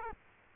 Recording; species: mosquito wingbeat signal from an infrared sensor; Culex quinquefasciatus